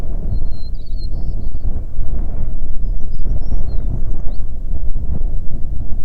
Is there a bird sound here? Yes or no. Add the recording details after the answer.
yes. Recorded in the Prudhoe Bay oil fields, Alaska, on 9 June 2019 at 16:45. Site 21